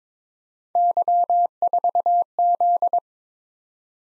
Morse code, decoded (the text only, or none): Y4Z